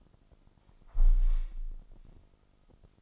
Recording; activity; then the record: daily activity, microphone in the room; close window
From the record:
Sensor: 5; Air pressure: 1004.7 hPa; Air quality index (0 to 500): 81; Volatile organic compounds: 1 ppm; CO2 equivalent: 967 ppm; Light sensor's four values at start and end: 34/80/32/31 and 34/79/32/31